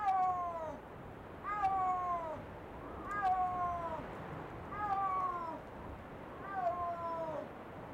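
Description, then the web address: Snow leopard meow-like calls, five drawn-out falling wails with rich harmonics, repeated about every one and a half seconds over a steady low hiss. "SNOW LEOPARD. wilderness songs"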